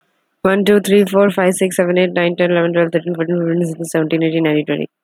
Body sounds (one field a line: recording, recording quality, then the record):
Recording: counting at a fast pace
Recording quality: excellent, no background noise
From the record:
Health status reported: exposed to COVID-19, no respiratory illness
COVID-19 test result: not tested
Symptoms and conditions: none ticked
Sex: female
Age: 20 years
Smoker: not ticked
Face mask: not worn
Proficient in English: yes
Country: India